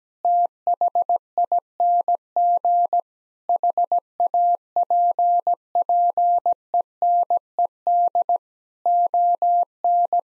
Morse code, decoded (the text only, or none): THING HAPPENED ON